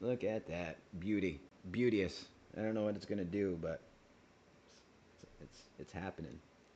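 A plastic LEGO piece is handled over the robot model build while someone talks, followed by a few faint, soft handling ticks in the quieter stretch. Nothing has seated or clicked into place yet.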